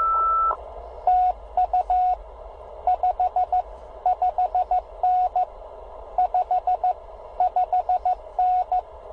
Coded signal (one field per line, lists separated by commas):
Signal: Morse code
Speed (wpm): 16 wpm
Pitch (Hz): 690 Hz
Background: radio noise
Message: TU 55N 55N